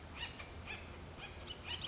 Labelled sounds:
Bullock's Oriole (Icterus bullockii)

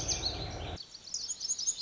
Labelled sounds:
Lazuli Bunting (Passerina amoena)

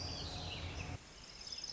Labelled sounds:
Orange-crowned Warbler (Leiothlypis celata)

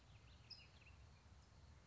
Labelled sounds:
California Towhee (Melozone crissalis)

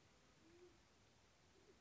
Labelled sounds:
Band-tailed Pigeon (Patagioenas fasciata)

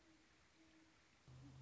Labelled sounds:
Great Horned Owl (Bubo virginianus)

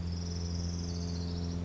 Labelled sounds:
Orange-crowned Warbler (Leiothlypis celata)

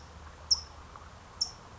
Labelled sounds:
California Towhee (Melozone crissalis)

